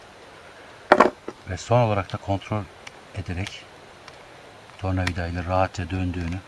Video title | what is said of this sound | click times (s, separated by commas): #piston #agacmotoru #tırpan testere silindir ve pistonu nasıl takılır | Bastırarak tık diye yerine oturacaktır. | 0.9 s